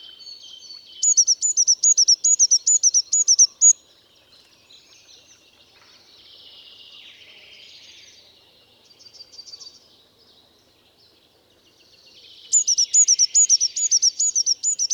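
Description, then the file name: Eurasian blue tit gives a fast run of high, hooked notes, then quieter thin buzzy calls, and a second bright rapid series near the end. "Cyanistes caeruleus"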